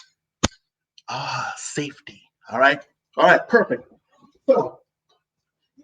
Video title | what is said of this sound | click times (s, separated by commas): Beauty Cares | right we want to make sure that we not doing that all right so listen for the click | 0.5 s